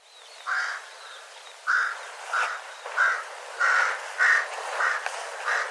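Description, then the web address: Bird calls: harsh, mid-pitched notes repeated roughly every half second to second, over a steady hiss of background noise. "birddata Deverinetal 2025 Bird Co Co Co Co"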